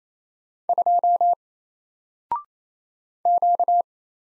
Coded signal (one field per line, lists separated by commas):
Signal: Morse code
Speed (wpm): 27 wpm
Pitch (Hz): 700 Hz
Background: none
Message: 2 Q